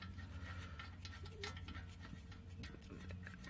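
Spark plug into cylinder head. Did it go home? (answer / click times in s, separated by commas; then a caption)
no / none. A new spark plug is threaded by hand into the cylinder head of a Honda Rancher 420 until hand tight, before being tightened with a socket. Light ticks and scrapes of metal sit over a steady low hum. Nothing has seated or clicked yet.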